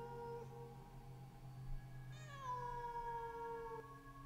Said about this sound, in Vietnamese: Họ còn chưa kịp đi vào thì tiếng của con mèo tựa như kêu lên thảm thiết đánh động cả mấy người thanh niên ngủ ở nhà trước.